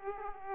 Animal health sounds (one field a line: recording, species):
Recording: mosquito wingbeat signal from an infrared sensor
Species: Aedes aegypti